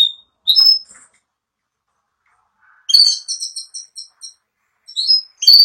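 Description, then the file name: Spanish giboso canary singing short, separated phrases: brief whistles and chips, a long gap, then a quick series of repeated high notes. "canto do canario giboso espanhol"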